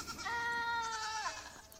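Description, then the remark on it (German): A goat that has just been fed lets out a single long, wavering bleat with a nasal, buzzing quality, holding steady before dipping in pitch at the end. “Oh, Rachels Ziegen sind abgefüttert.”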